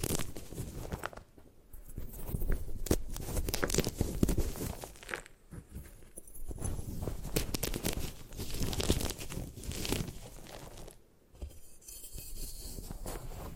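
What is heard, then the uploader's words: Gym chalk is crushed and ground, giving dense, gritty crunching and crinkling with sharp bright clicks. The grinding comes in bursts separated by brief quieter pauses, around two, five to six, and eleven seconds. ASMR Satisfying Ways to Destroy Gym Chalk (No Talking).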